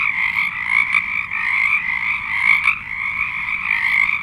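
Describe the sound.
Frog chorus, a dense continuous wall of trilling croaks from many frogs, steady and unbroken throughout.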